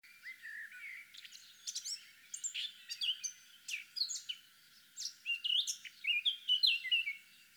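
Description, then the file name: Eurasian blackcap song, a fast run of scratchy twittering notes breaking into clearer, louder whistled phrases toward the end, over faint steady background hiss. "Sylvia atricapilla"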